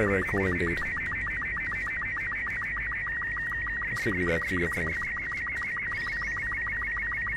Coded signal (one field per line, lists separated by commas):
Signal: SSTV (slow-scan television)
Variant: Robot 36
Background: speech